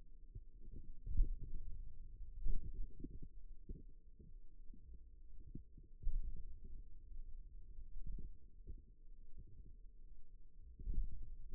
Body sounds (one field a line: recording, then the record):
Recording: forearm muscle sounds (acoustic myography)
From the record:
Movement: pen grasping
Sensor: system 2, bracelet of six BSWA MPA416 microphones around the upper forearm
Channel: 3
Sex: male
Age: 22 years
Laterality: right